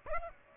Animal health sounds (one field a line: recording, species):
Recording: mosquito wingbeat signal from an infrared sensor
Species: Aedes aegypti